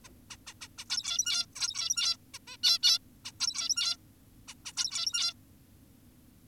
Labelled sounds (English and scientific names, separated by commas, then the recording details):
Zebra Finch (Taeniopygia guttata)
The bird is an adult
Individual g17y2U